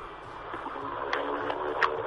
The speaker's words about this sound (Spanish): Sí, justo pasaba una moto. Ay, no pude escuchar bien lo que decías.